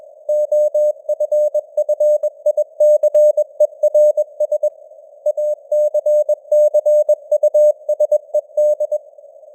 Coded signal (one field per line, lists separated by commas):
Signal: Morse code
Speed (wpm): 21 wpm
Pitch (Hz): 600 Hz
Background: none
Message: OFFICERS ACCUSED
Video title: Morse Code News | 2025-10-11 | 21wpm